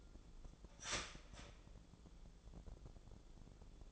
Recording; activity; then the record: daily activity, microphone in the room; start toaster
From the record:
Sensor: 5